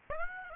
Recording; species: mosquito wingbeat signal from an infrared sensor; Aedes aegypti